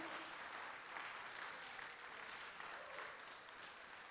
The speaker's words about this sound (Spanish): ¿Cuánto le da un aplauso fuerte al Señor de gloria este día?